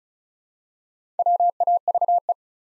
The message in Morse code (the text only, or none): WAVE